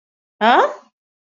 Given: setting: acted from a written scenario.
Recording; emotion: vocal sound without words; confusion